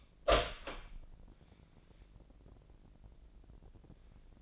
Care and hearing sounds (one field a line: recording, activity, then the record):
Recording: daily activity, microphone in the room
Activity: open door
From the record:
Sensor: 5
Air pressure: 1012.4 hPa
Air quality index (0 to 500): 160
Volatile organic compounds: 2 ppm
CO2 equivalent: 1090 ppm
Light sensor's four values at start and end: 249/603/254/279 and 252/613/257/283